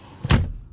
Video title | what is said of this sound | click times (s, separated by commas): How to fix a Toyota Kluger or Highlander rear seat stuck in the folded down position. | lifts back up again. Click | 0.3 s